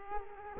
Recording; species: mosquito wingbeat signal from an infrared sensor; Culex quinquefasciatus